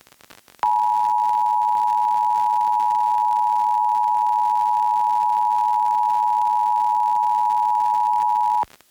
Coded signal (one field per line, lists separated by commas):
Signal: Emergency Alert System (SAME) tones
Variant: 853 and 960 Hz attention tone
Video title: EAS #1206-1207: 2 EAS Required Monthly Tests- July 7, 2026- 10:15AM PDT